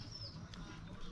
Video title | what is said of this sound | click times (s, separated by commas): Installing valve seals on a B series VTEC cylinder head | and now you're just going to push down on this I mean this should click into place | 0.5 s